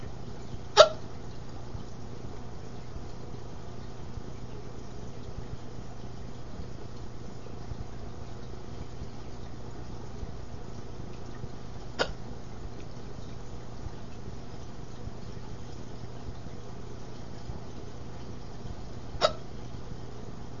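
An adult hiccuping: three isolated hiccups, each a brief, sharp broadband click, spaced several seconds apart over a steady low-frequency background hum.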